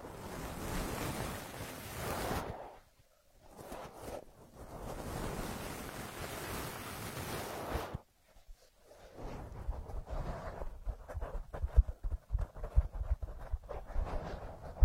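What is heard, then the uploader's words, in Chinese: Ear massage with no voice: soft rushing, rubbing sounds sweep across the mic in long, steady passes for the first eight seconds, broken by brief silences near three and eight seconds. Afterward the rubbing turns choppy and uneven, with sharper scratchy bursts and taps. 姐姐无人声按摩耳朵（声控助眠）。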